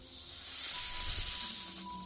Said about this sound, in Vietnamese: ngóc đầu lên nhìn Trương Quốc Trung, lợi rắn không ngừng phun phì phì